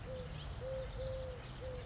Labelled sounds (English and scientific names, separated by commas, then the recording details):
Eurasian Collared Dove (Streptopelia decaocto)
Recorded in Sonoma County, California